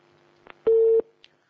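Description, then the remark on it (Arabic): A single loud, steady telephone busy tone of low-mid pitch, lasting about a third of a second, sounds after a caller's line is cut off during an Islamic call-in program, with faint clicks and noise around it and no talking. “انقطع الاتصال بيننا وبين السائله”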